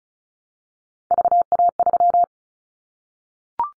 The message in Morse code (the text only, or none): VA3